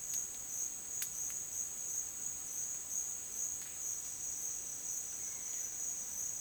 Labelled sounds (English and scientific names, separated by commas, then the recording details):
none
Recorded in dense forest near Puerto Asís, Putumayo, Colombia, on 25 June 2025 at 11:00
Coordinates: 0.484, -76.325
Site H65